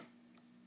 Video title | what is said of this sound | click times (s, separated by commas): How to replace the battery in an iPhone 4 | take this battery and clip it with your other hand you're gonna hear it lock in place | 0.4 s